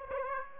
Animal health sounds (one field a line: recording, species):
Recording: mosquito wingbeat signal from an infrared sensor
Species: Aedes aegypti